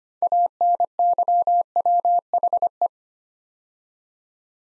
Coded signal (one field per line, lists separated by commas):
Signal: Morse code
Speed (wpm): 25 wpm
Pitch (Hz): 700 Hz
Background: none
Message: ANYWHE